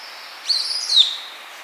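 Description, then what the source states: Sunda cuckooshrike call: a single high, scratchy, slurred note lasting about three-quarters of a second and rich in overtones, heard over a steady thin hiss. 8 July 2008.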